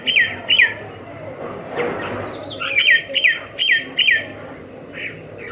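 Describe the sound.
Myna calls: a loud run of harsh, squawking notes with whistled overtones, given in quick bursts with short gaps, over a low background hum.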